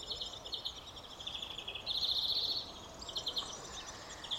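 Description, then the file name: European greenfinch calls: quick trilled twitters, rising to a louder buzzy trill near the middle, over a steady hiss of background noise. "Chloris chloris"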